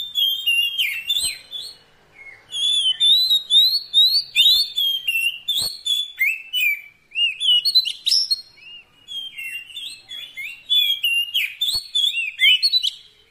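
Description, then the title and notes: Oriental magpie-robin song: almost continuous string of whistled slurs, trills and chips with brief breaks, plus a few faint clicks. Fill-in (isian) song, meant to make the bird sing vigorously day and night. "Kacer Jadi Gacor Siang Malam. Isian Kacer Durasi Panjang"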